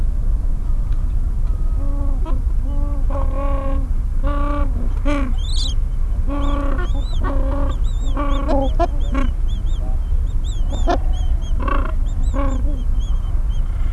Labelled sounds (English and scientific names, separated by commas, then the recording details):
Gentoo Penguin (Pygoscelis papua)
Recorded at the colony at Neko Harbor, Antarctica, on 26 January 2015
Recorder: Song Meter SM2+